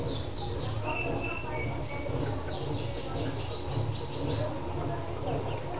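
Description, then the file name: Lancashire canary singing high chirping trills and short level whistles in quick succession for about four seconds, then quieter, against a steady low rumble. "canto do canario lancashire"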